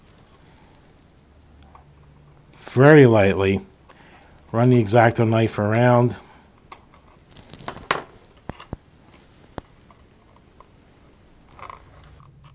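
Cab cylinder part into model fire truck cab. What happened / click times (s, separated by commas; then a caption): The small plastic part is handled and trimmed but not yet seated / none. Someone talks while a small plastic cab cylinder part is fitted into the cab of an Agora Models FDNY Ladder 9 fire truck model, with the opening lightly trimmed around with an X-Acto hobby knife. After the talking, brief sharp handling ticks and taps come at about 7.7, 7.9, 8.5, 9.6 and 11.7 seconds over a quiet background. The part has not seated or snapped in yet.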